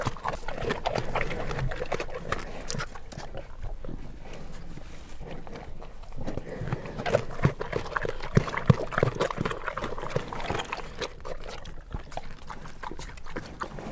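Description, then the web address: Brown bear eating, with irregular wet smacking and crunching chews, plus snuffling breaths under a low background rumble. Captive brown bears eating at a zoo in Jászberény, Hungary, in 2016, recorded with the microphone placed in front of the bears' noses. "jaszberenyizoo 2016 professzionalis barnamedve"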